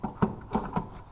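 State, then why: Not seated. A headlight housing is handled at a truck's front-end mount, giving a few dull knocks with the loudest sharp hit at 0.2 s and softer ones near 0.6 s and 0.8 s. Nothing has seated or clicked yet; the housing is not yet home.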